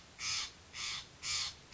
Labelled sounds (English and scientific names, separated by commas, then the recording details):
Steller's Jay (Cyanocitta stelleri)
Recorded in Sonoma County, California